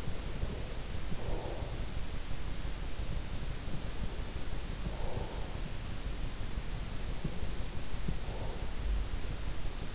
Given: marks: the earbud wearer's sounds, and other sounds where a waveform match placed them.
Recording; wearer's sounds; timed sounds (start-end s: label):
sounds in sleep by an in-ear microphone; breath
0.00-2.86 s: breath